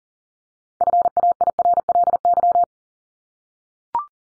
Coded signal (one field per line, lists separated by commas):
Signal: Morse code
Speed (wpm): 40 wpm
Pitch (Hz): 700 Hz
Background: none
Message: FAIRLY